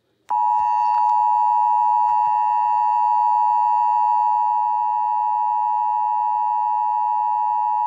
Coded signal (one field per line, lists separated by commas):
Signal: Emergency Alert System (SAME) tones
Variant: 853 and 960 Hz attention tone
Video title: EAS Scenario The Moon Revolution